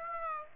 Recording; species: mosquito wingbeat signal from an infrared sensor; Aedes aegypti